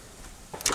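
A plastic wiring harness plug is handled at the alternator connector socket of a 2001 Toyota Avalon during a Bosch alternator replacement. Quiet low rumble gives way to rising bright scraping and clacking bursts near 0.6, 0.7 and 0.8 seconds. The plug has not seated or clicked in yet.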